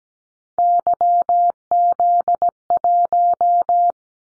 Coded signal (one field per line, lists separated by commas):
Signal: Morse code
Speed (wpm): 17 wpm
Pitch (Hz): 700 Hz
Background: none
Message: YZ1